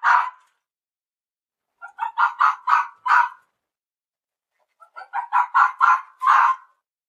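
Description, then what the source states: Red fox barking: one harsh bark, then two separate bursts of several hoarse yelps. Played back as a recorded example.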